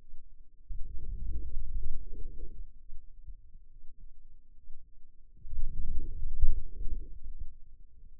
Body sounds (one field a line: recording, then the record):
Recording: forearm muscle sounds (acoustic myography)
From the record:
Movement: outward rotation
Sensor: system 2, bracelet of six BSWA MPA416 microphones around the upper forearm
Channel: 5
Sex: male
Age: 22 years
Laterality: right